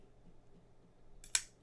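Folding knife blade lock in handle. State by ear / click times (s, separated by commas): seated / 1.2 s, 1.3 s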